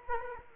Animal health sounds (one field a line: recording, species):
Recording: mosquito wingbeat signal from an infrared sensor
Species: Culex quinquefasciatus